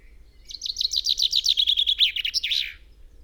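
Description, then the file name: Common chaffinch song, a cheerful trill of many notes stepping downward, finished by a short twisting flourish. "Fringilla coelebs"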